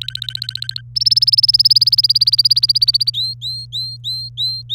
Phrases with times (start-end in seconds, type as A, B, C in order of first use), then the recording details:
0.01-0.81 A, 0.95-3.10 B, 3.14-4.75 C. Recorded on 26 April 2018 at 18:18. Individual llb3